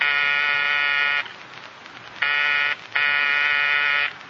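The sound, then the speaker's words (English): A harsh electric buzzer at a front door sounds in three long bursts: one about a second long, a pause, then a shorter buzz and another longer one, steady and loud with a raspy, harmonic-rich tone. “Ray, buzz the buzzer.”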